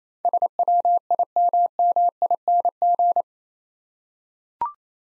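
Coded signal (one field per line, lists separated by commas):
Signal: Morse code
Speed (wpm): 27 wpm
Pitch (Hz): 700 Hz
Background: none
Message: SWIMMING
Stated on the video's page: Morse practice drill of 8-letter words at 28 WPM, each word sent twice.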